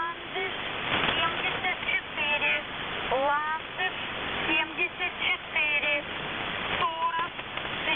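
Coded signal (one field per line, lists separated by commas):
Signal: coded military voice message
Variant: Squeaky Wheel, Russian voice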